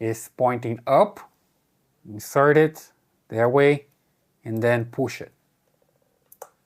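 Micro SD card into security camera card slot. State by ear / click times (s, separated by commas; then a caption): seated / 6.3 s, 6.4 s. Someone talks, then pushes a Lexar micro SD card into the spring-loaded slot under the tilted lens of a Tapo C211 pan/tilt security camera. Two short, sharp clicks follow at 6.3 s and 6.4 s as the card latches and seats.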